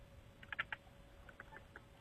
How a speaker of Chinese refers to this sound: 你这业务能力太差了，打字儿这么慢。